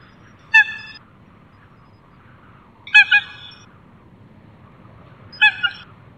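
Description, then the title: Eurasian coot giving loud nasal honking calls, three bursts roughly every two and a half seconds, some doubled, above a faint low rumble. Recorded at Baiyangdian, China. "家住白洋淀——我的观鸟笔记 头顶白斑的“小野鸭”骨顶鸡"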